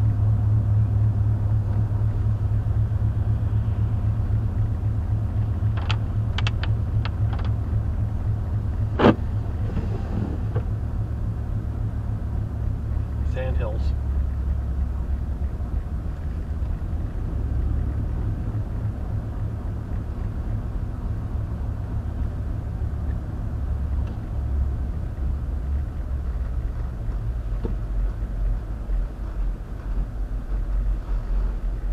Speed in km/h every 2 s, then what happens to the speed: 35, 34, 32, 32, 31, 31, 27, 26, 27, 31, 31, 29, 24, 19, 18, 15.
0-12 slows to 27. 12-20 steady at about 27. 20-32 slows to 15.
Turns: none.